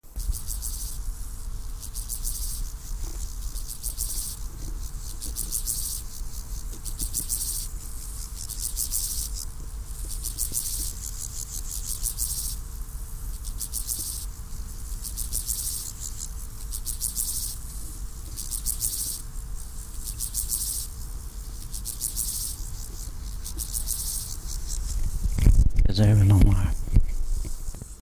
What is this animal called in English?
Steppe Grasshopper